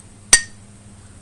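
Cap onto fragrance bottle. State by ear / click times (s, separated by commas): seated / 0.3 s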